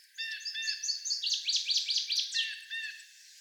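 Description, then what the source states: Northern waterthrush song: a loud, ringing run of high notes leading into sharp downslurred notes, then a few lower closing notes. 17 songs.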